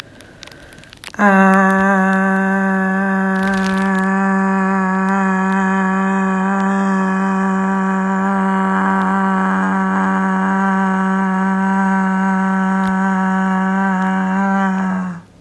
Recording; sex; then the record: sustained vowel /a/; female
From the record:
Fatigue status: no fatigue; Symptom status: asymptomatic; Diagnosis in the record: COVID-19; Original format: m4a